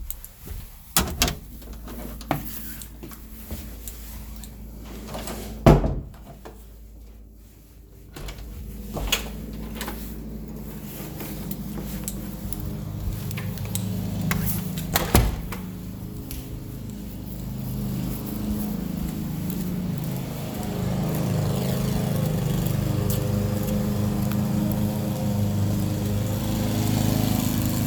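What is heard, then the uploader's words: Household sounds: sharp knocks and clatters, like drawers or doors, punctuate the first fifteen seconds, with strong bangs near 6 and 15 seconds. Underneath, a low motor-like hum gradually builds and becomes a steady, louder drone through the final ten seconds. Household Soundscapes. Two minute recording of the sounds around me.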